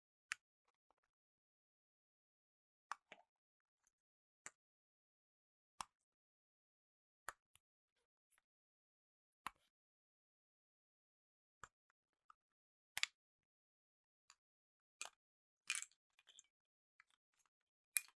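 Gentle tapping on Apple devices and boxes, each tap a short, crisp knock separated by near silence. Early on the taps fall singly about every second and a half; after the midpoint they come quicker, in small clusters of two or three.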